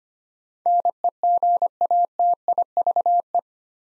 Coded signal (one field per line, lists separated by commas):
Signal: Morse code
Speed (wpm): 25 wpm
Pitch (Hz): 700 Hz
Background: none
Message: NEGATIVE